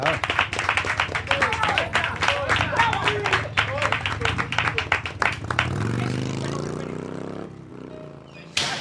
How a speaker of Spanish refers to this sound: Como ha escuchado que ha hecho el poema y todos hemos aplaudido, claro.